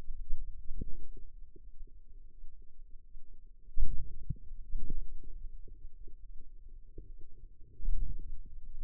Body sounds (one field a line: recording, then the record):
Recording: forearm muscle sounds (acoustic myography)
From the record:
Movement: hand closing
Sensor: system 2, bracelet of six BSWA MPA416 microphones around the upper forearm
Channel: 1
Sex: female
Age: 23 years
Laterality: right